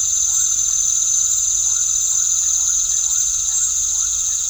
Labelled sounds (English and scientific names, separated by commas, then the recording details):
none
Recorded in pastures near Puerto Asís, Putumayo, Colombia, on 4 March 2025 at 19:00
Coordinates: 0.497, -76.327
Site G072